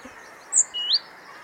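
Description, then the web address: Great tit call: a thin, very high note and then a quick upward-sliding whistle. "SETE data Parus major"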